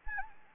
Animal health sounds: mosquito wingbeat signal from an infrared sensor; Anopheles arabiensis

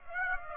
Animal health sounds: mosquito wingbeat signal from an infrared sensor; Aedes aegypti

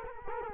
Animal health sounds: mosquito wingbeat signal from an infrared sensor; Culex quinquefasciatus

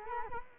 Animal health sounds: mosquito wingbeat signal from an infrared sensor; Culex quinquefasciatus

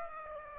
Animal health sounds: mosquito wingbeat signal from an infrared sensor; Aedes aegypti

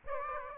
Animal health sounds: mosquito wingbeat signal from an infrared sensor; Aedes aegypti

